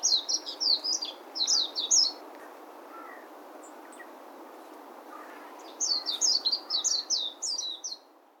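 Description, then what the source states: Warbling white-eye singing two rapid bursts of high, tumbling warbled notes about two seconds each, a quiet gap with a few faint chirps between them, over soft background noise. Recorded 10 April 2021.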